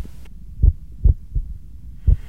Rolled up a wad of paper into a cylinder, and pressed it to her chest. He found he was able to hear the heart sounds much better than he could using immediate auscultation.